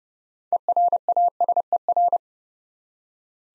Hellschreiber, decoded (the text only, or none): none